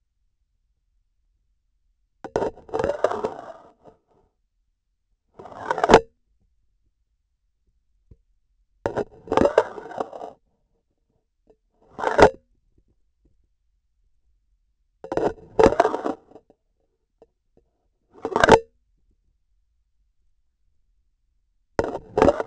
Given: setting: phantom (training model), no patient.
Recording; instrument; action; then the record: laparoscopic instrument, vibration sensor on the handle end; grasping forceps; insertion and removal through the trocar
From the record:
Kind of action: spatial motion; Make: Olympus